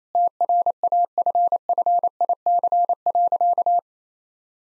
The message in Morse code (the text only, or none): TRAFFIC.